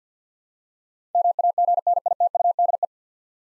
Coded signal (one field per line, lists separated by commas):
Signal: Morse code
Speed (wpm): 50 wpm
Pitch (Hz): 700 Hz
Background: none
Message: MAGNITUDE